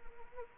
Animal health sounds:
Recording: mosquito wingbeat signal from an infrared sensor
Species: Anopheles arabiensis

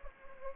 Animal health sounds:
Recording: mosquito wingbeat signal from an infrared sensor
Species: Anopheles gambiae

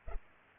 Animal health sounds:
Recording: mosquito wingbeat signal from an infrared sensor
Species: Culex pipiens

